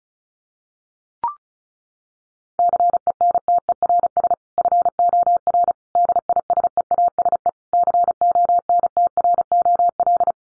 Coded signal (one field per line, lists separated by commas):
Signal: Morse code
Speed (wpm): 34 wpm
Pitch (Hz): 700 Hz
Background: none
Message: CENTERS FOR DISEASE CONTROL